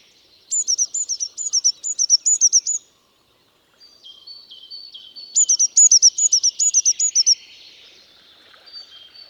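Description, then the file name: Eurasian blue tit calls: two quick runs of high, hooked notes, each about two seconds long, separated by softer, thin notes. "Cyanistes caeruleus"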